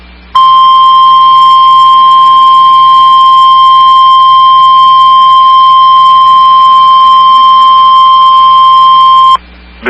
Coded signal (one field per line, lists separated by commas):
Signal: Emergency Alert System (SAME) tones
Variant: 1050 Hz attention tone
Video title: EAS 3882-3890: Weekly Tests From 10/19/22